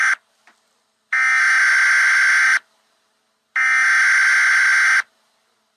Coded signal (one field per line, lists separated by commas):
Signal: Emergency Alert System (SAME) tones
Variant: header bursts